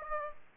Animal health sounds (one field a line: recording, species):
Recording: mosquito wingbeat signal from an infrared sensor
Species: Aedes aegypti